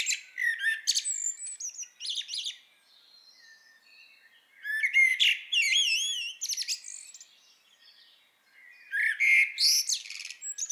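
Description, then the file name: Common blackbird singing three phrases, soft fluty notes giving way to high, wavering squeaky twitters and trills, separated by short quiet gaps. "Turdus merula"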